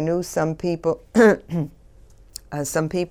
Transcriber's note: she clears her throat